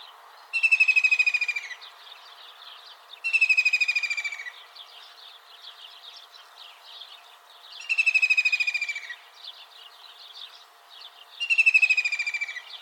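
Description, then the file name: White-throated kingfisher calling four times, each a loud, fast, chattering trill about a second long that falls gently in pitch, with pauses of a few seconds between bursts. "Koshlar tavyshy - Kyzyl tomshykly yar chypchygy lat Halcyon smyrnensis"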